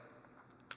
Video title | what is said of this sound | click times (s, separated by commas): craftsman V-series,ratchet wrench set,should you buy!! | you know to push on that close it you got a push on that you can hear a click | 0.7 s